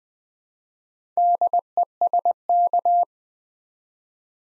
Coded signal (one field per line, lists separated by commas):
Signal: Morse code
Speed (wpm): 20 wpm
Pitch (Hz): 700 Hz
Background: none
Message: DESK